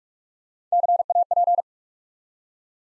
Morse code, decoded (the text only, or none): CAP